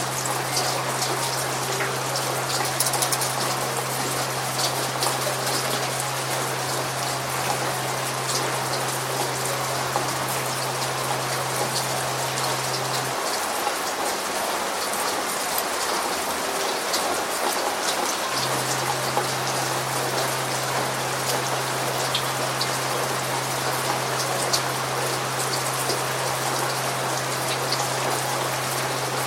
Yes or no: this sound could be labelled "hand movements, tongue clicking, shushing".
no